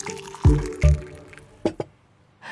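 Red wine pours into glasses in two short, heavy glugging bursts, followed by a pair of quick sharp taps and a brief soft hiss at the end. No one speaks.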